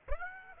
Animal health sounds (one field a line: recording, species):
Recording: mosquito wingbeat signal from an infrared sensor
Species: Aedes aegypti